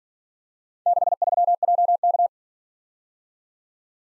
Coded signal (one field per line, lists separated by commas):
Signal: Morse code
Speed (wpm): 45 wpm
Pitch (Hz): 700 Hz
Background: none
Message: 63JK